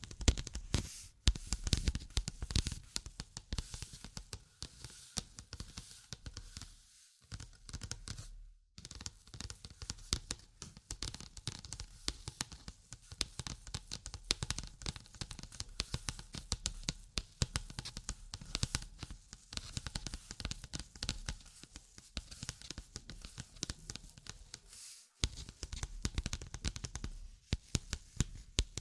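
Dense, busy tapping and scratching runs through the whole recording, a rapid patter of small crisp clicks with a brighter scratchy edge. Brief silences break it near 1, 7, 8.5 and 25 seconds, and the activity shifts between sparser and thicker stretches.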